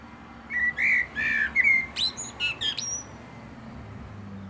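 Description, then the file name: Common blackbird song: fluted whistled notes followed by a burst of high, squeaky notes, then quiet background. "Turdus merula"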